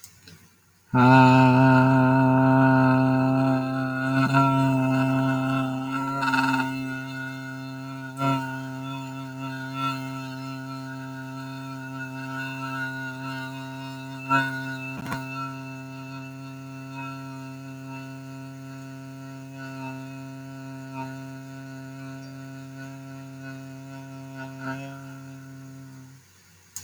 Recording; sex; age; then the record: vowel held as long as possible; male; 20 to 29 years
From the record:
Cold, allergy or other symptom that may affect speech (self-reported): no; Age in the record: 22 years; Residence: Tennessee, United States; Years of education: 14